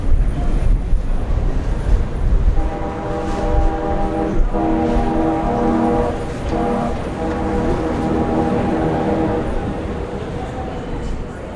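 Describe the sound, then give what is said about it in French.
An RER commuter train rumbles loudly through the underground Nation station, its electric motors whining in steady layered tones that rise and hold over a constant roar of wheels and strong rushing air drafting through long ventilated corridors. “Nous sommes dans le grand courant d'air du RER, plus qu'encore que dans le métro.”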